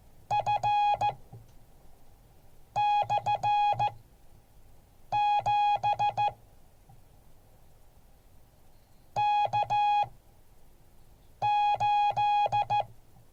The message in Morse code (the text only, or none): F /7 K8